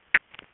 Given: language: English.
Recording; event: throat vibration sensor signal played as sound; swallow